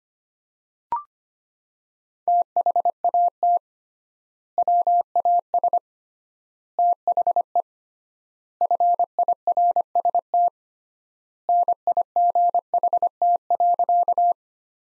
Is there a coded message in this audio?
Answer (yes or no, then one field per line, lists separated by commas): yes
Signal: Morse code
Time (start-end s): 2.3-14.3 s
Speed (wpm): 25 wpm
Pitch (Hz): 700 Hz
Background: none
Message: THAT WAS THE FIRST NIGHT.